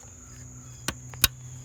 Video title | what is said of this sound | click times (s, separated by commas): GMC Yukon Purge Valve Replacement (Small Evap Leak) P0442 | know if you can see that or not until it clicks | 1.2 s